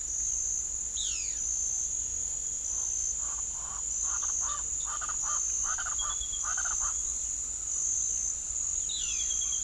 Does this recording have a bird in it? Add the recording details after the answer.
yes. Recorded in pastures near Puerto Asís, Putumayo, Colombia, on 22 December 2024 at 08:00. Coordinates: 0.487, -76.322. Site GP09